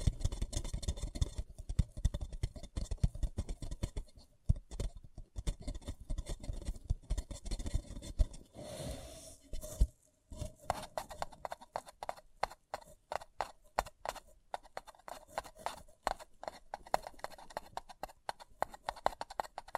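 Fingers tap and scratch on a paper cup in quick, uneven bursts of dry clicks. Around eight to ten seconds the tapping gives way to a smoother rubbing sound, then brief gaps break up the rhythm before the rapid tapping resumes to the end.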